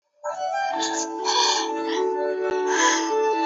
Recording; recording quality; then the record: shallow breathing; moderate, slight background noise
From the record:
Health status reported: COVID-19 positive, mild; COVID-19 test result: positive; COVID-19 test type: RT-PCR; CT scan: not taken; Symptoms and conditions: asthma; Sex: male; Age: 23 years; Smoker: no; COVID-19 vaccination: one dose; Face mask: not worn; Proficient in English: yes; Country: India